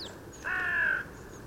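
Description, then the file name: Carrion crow giving a single harsh, drawn-out caw of about half a second, with faint thin bird notes in the background. "Corvus corone"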